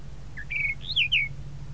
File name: Canto-do-Sabiá-da-Praia